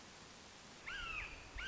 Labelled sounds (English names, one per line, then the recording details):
Red-shouldered Hawk
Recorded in Sonoma County, California